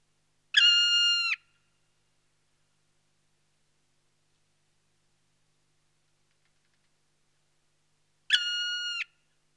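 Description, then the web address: Black woodpecker calls: two long, drawn-out, plaintive notes, each under a second, separated by about seven seconds of silence. "Palokärki. nauhalaisen aanimaailmat"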